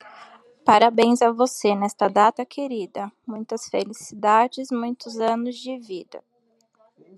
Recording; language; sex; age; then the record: short text; Brazilian Portuguese; female; 30 to 39 years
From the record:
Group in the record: control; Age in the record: 34 years